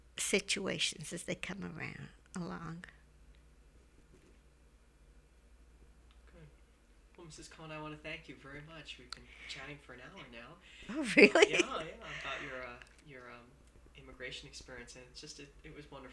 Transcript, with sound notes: situations as they come around, along.
Well, Mrs. Kohn, I want to thank you very much. We've been chatting for an hour now.
Oh, really! ( she laughs )
Yeah, about your immigration experience. It's just, it was wonderful.